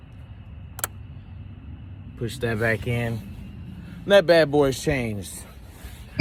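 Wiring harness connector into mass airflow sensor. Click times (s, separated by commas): 0.8 s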